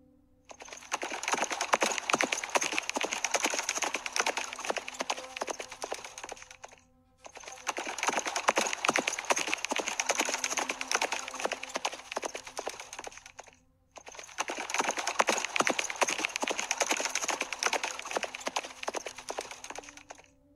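Dense, rapid clattering of the galloping hooves of more than 1,000 war horses bolting forward, loud and continuous, in three long bursts separated by brief silent gaps. There is no talking.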